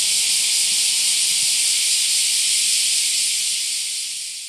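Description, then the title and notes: Cicadas buzzing in a dense, unbroken high hiss that holds steady throughout, then tails off slightly near the end. Recorded while walking along a shrine path in Okazaki, Japan. "Buzz of the Cicada. Shiratori Shrine (白鳥神社) in Okazaki Japan"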